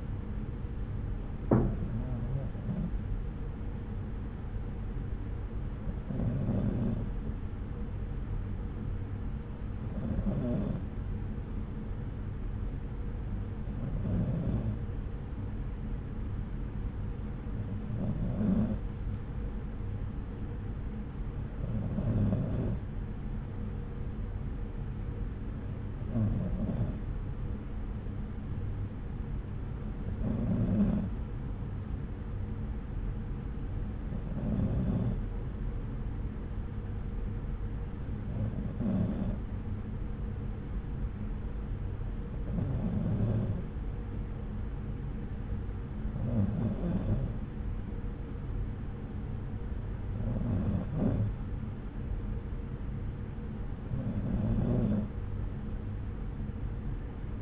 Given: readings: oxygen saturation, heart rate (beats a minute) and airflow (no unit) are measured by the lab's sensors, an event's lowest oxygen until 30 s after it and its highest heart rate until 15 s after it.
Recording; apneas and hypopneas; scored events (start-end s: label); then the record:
breathing in sleep by a smartphone at the bedside; none
none scored
From the record:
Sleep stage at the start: N2 (light sleep); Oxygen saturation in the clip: 93%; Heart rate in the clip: 64 to 69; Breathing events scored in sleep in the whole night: 303 in 8.1 hours asleep